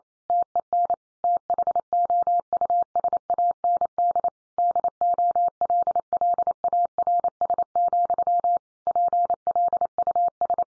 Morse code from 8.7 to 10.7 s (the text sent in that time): PLUS